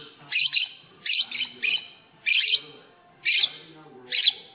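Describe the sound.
Lovebird giving squeaky chirp bursts roughly once a second, each a quick cluster of shrill notes with short quiet gaps between.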